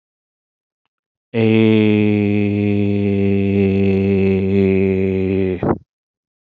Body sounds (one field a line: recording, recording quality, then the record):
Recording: sustained vowel as in made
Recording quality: excellent, no background noise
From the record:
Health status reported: healthy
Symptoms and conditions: hypertension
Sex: male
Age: 47 years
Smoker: not ticked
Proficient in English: yes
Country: India